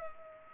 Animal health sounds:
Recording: mosquito wingbeat signal from an infrared sensor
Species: Culex pipiens

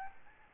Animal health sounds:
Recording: mosquito wingbeat signal from an infrared sensor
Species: Aedes albopictus

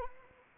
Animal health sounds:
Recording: mosquito wingbeat signal from an infrared sensor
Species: Anopheles arabiensis

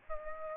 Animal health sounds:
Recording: mosquito wingbeat signal from an infrared sensor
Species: Aedes albopictus

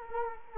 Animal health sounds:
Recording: mosquito wingbeat signal from an infrared sensor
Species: Culex quinquefasciatus

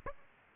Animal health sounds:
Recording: mosquito wingbeat signal from an infrared sensor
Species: Aedes aegypti

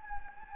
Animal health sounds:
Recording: mosquito wingbeat signal from an infrared sensor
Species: Anopheles gambiae

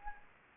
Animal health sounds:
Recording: mosquito wingbeat signal from an infrared sensor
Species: Anopheles gambiae

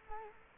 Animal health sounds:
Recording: mosquito wingbeat signal from an infrared sensor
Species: Culex quinquefasciatus

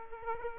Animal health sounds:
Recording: mosquito wingbeat signal from an infrared sensor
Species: Aedes aegypti

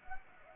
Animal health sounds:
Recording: mosquito wingbeat signal from an infrared sensor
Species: Anopheles gambiae

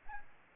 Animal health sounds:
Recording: mosquito wingbeat signal from an infrared sensor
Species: Aedes albopictus

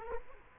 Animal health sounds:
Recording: mosquito wingbeat signal from an infrared sensor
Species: Culex quinquefasciatus

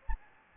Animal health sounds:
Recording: mosquito wingbeat signal from an infrared sensor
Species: Anopheles gambiae

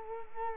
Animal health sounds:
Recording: mosquito wingbeat signal from an infrared sensor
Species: Culex quinquefasciatus

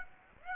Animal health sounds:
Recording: mosquito wingbeat signal from an infrared sensor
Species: Aedes aegypti

